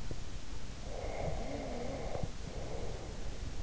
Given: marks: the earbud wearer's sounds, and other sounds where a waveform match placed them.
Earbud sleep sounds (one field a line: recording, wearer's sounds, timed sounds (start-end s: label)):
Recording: sounds in sleep by an in-ear microphone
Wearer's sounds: breath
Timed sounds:
0.89-3.37 s: breath